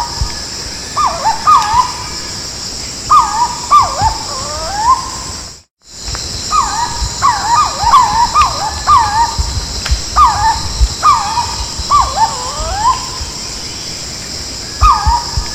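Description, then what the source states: Purple-throated fruitcrow giving repeated mellow, hollow whistles, each sliding downward, often in quick pairs, over a steady high insect drone; a brief dropout midway. Song (canto).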